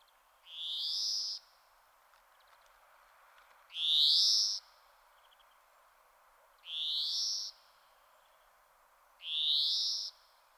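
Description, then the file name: European greenfinch giving four drawn-out, buzzy wheezing calls, each rising in pitch, spaced roughly every three seconds with quiet gaps between. "Chloris chloris"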